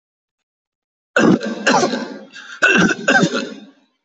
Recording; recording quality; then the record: shallow voluntary cough; excellent, no background noise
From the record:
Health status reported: healthy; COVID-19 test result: not tested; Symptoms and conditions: none ticked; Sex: male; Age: 57 years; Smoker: not ticked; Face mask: not worn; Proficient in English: yes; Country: India